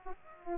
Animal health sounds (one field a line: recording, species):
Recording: mosquito wingbeat signal from an infrared sensor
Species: Aedes aegypti